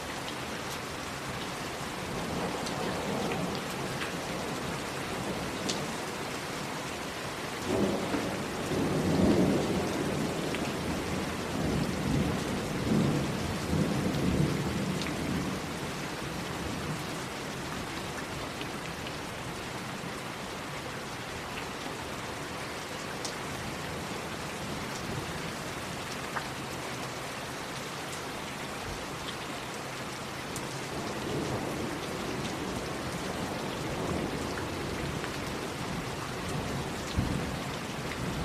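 Rain falls steadily, a dense hiss of drops spread across the whole range. Low rumbling swells rise between about 8 and 15 seconds and again near 31 to 38 seconds, possibly thunder, while scattered sharper drop taps sit on top throughout.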